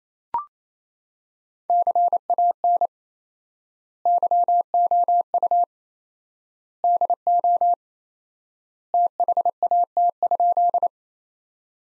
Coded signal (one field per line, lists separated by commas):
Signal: Morse code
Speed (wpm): 28 wpm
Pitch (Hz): 700 Hz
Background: none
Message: CAN YOU DO THAT?